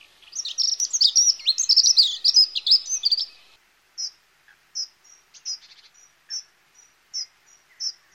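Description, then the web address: Dunnock song: a quick, high jangling warble lasting about three seconds, followed by a series of short, thin chirps. Garden bird. "infonatuur tuinvogels heggenmus"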